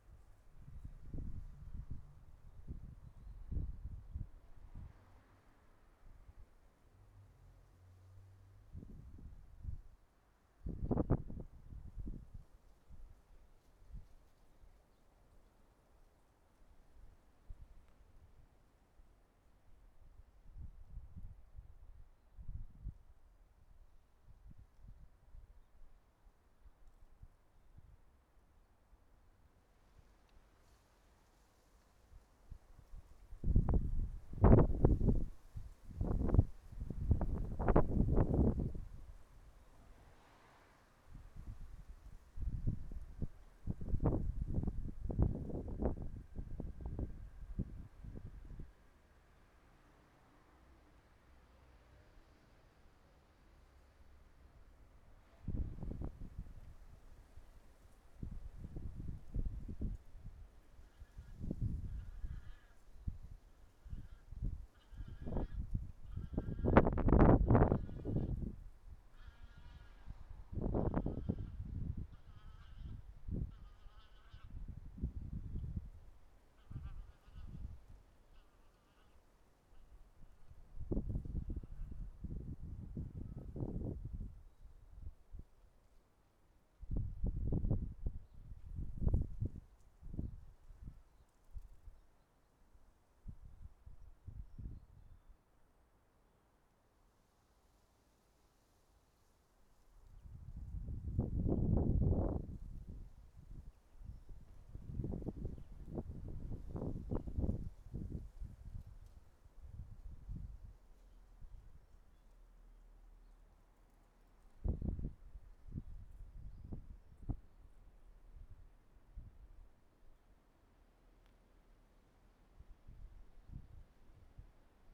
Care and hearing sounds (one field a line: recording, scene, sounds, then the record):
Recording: everyday scene through a hearing-aid microphone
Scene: wind on the microphone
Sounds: wind, traffic, goose, birds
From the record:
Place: suburban garden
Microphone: behind the ear, right, front